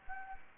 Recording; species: mosquito wingbeat signal from an infrared sensor; Anopheles gambiae